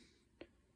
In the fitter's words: all these pieces when they go in they lock into place